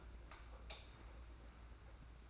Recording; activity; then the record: daily activity, microphone in the room; light off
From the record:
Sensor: 2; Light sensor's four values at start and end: 15/37/15/15 and 11/27/11/11